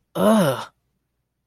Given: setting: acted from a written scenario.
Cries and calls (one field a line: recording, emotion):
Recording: vocal sound without words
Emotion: disgust